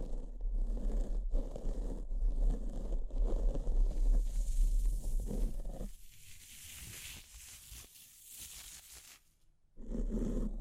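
Scratching with no talking: a dense, rough scraping texture with a low rumble underneath fills the first six seconds. It then thins to a quieter, brighter hiss, drops almost to silence just after nine seconds, and returns loud and rough at the end.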